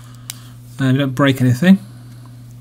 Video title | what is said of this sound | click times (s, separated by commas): Rikomagic (or other generic) MK802+/MK802 teardown and possible antenna modification | just push again it clicks into place be very careful and | 0.3 s